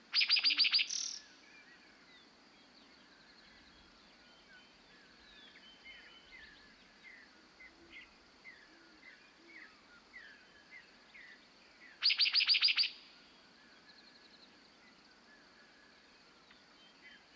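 Spring birds on the Montana prairie at dawn: a loud, buzzy trill bursts out at the start and again about twelve seconds later. Between them, softer short chirps and whistles come steadily from several birds over a faint, even high hiss.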